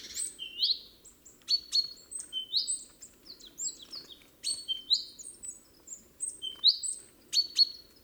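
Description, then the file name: Great tit calls: a busy series of short upswept chirps and clipped notes over a soft low background hum. "Parus major"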